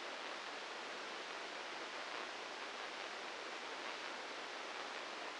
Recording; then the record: brain microelectrode recording played as sound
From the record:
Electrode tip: inside the subthalamic nucleus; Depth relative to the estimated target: -4 mm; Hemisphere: right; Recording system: NeuroSet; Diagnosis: Parkinson's disease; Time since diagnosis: 8 years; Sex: male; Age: 59 years